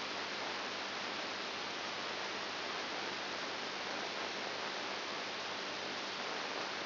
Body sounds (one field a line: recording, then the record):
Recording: brain microelectrode recording played as sound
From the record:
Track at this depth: inside the subthalamic nucleus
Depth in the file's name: 6.501 mm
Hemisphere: left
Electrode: 2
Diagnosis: Parkinson's disease